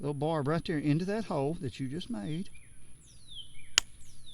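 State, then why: Seated. A barbed drip-tape fitting is pushed into a freshly punched hole in an irrigation header line while someone talks, with birds chirping in the background. A sharp pop at 3.8 s marks the barb seating in the header hole.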